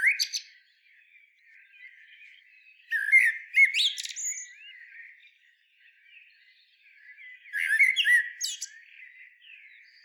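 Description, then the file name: Common blackbird giving bursts of quick, high twittering and sweeping notes with quieter stretches between. "Turdus merula"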